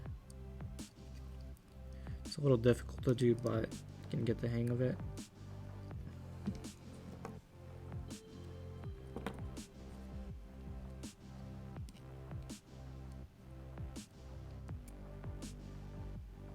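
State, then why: Not seated. A replacement gimbal dampening assembly part is being fitted by hand into the gimbal of a DJI Mavic 2 Pro/Zoom drone, a fiddly job with a lot of cable. Someone talks over background music while faint handling taps and small clicks are heard throughout. The part has not seated or clicked into place yet.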